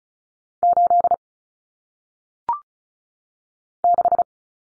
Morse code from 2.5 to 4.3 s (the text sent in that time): 6